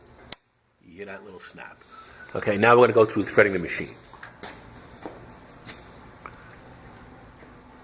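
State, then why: Seated. A metal bobbin case, with its thread tail drawn out about two inches, is pushed into the hook area of an industrial sewing machine. It snaps into place with a sharp, loud click at 0.3 s. After a brief silence someone talks, and a few faint knocks and taps follow.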